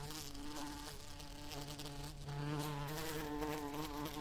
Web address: el agradable sonido del vuelo de una abeja